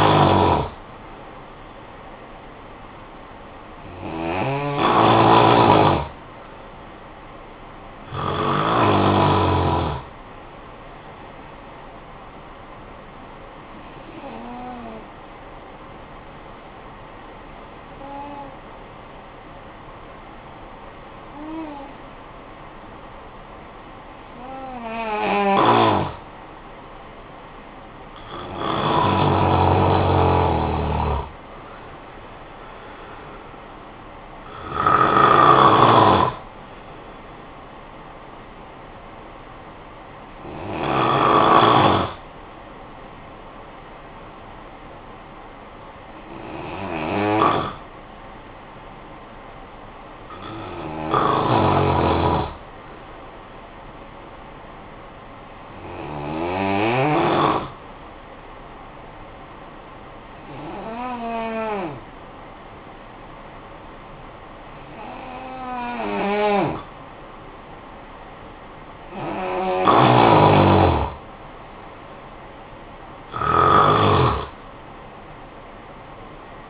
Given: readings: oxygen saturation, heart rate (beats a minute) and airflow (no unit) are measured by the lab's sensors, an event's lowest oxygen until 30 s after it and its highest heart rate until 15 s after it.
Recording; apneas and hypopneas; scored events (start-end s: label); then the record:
breathing in sleep by a voice recorder at the bedside; 2
14.00-28.60 s: hypopnea (N2, oxygen 94% highest, then 87% lowest, heart rate 52 at the start, 66 highest)
45.00-68.90 s: hypopnea (N2, oxygen 95% highest, then 88% lowest, heart rate 53 at the start, 71 highest)
From the record:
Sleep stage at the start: N2 (light sleep); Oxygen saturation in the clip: 87 to 95%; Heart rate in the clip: 50 to 69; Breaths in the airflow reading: 17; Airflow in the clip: -10.1 to 7.4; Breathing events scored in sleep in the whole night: 445 in 7.6 hours asleep